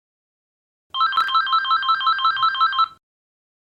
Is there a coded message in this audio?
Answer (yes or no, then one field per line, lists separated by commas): no